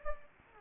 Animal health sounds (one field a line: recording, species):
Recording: mosquito wingbeat signal from an infrared sensor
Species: Anopheles gambiae